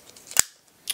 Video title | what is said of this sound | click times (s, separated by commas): GE Vscan Training Part 1: System Introduction, Learn About the Vscan | down on that little button there and you can pop it right back off snap a new one on and you're ready to go | 0.4 s